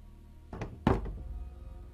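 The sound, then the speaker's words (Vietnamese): Dull, hollow knocks on a door around midnight, a quick pair of taps followed by one heavier thump, then a low lingering resonance fading into quiet background noise. “Tiếng gõ cửa vang lên trong đêm nghe rõ lắm. Cứ 3 nhịp bột, 3 nhịp một.”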